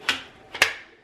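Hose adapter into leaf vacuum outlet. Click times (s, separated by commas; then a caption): 0.1 s, 0.6 s. A plastic hose adapter for the leaf collection hose is pushed into the outlet of a WORX WG512/514 TriVac 3-in-1 electric leaf blower/mulcher/yard vacuum, where the bag normally clips in, then turned to lock. A sharp plastic click sounds at 0.1 s, and a faint tick at 0.55 s leads into a louder snap at 0.6 s. The adapter is seated and snapped in place.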